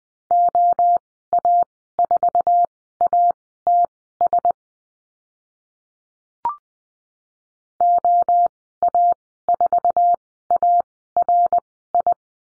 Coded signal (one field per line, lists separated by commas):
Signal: Morse code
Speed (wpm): 20 wpm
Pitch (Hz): 700 Hz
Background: none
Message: OA4ATS OA4ARI